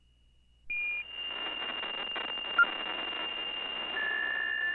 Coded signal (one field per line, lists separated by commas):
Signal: PSK63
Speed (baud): 62.5 baud